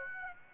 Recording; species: mosquito wingbeat signal from an infrared sensor; Aedes aegypti